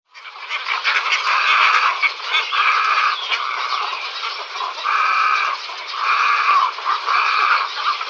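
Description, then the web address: Cattle egret rasping, throaty calls in repeated bursts of about a second over continuous harsh calling. "Schulze Peter Cattle Egret"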